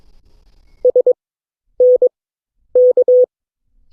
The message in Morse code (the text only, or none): SNK